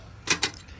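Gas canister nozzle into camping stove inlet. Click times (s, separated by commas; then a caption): 0.3 s, 0.4 s. A gas canister's nozzle is fitted one-handed onto the inlet of a portable camping stove. Two sharp metallic clicks ring out at 0.3 s and 0.4 s over a quiet background, and the nozzle seats home.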